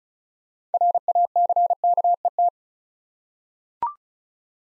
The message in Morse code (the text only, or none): RACKET